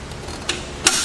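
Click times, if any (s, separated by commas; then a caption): 0.9 s. The tilted-down RockyMounts MonoRail Solo hitch-mounted platform bike rack for 2 bikes on a 2014 Subaru XV Crosstrek, lowered for rear hatch access, is lifted by the rack frame rather than the bike back to its original upright position. A faint knock comes at 0.5 s, then the metal tilt pin latches with a sharp, bright click at 0.9 s. The rack is locked upright.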